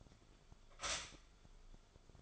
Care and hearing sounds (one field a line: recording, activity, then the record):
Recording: daily activity, microphone in the room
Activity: stop toaster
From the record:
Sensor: 5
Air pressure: 1014.8 hPa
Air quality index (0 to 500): 197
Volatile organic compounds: 8 ppm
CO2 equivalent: 2098 ppm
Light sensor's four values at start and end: 16/37/14/13 and 16/37/14/13